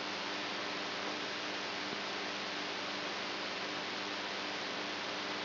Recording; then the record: brain microelectrode recording played as sound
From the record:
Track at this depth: outside the subthalamic nucleus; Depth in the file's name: 7.304 mm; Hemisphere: right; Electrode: 2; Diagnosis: Parkinson's disease